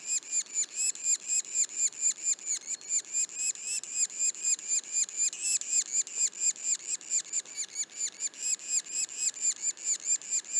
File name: pic macule. parc national du mont orford